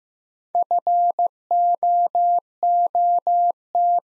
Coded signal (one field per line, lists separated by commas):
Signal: Morse code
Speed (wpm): 15 wpm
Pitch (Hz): 700 Hz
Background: none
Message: FOOT